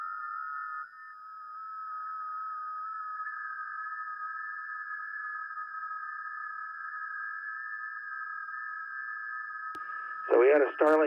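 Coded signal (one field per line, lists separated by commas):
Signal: FT8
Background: speech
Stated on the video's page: FT8 data received over the air on 40m via an NVIS dipole, real ham radio gear, not SDR or simulation, live stream.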